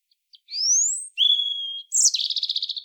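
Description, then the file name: European robin song: a thin rising whistle, a level high whistle, then a fast, pulsing trill of repeated notes. "Erithacus rubecula"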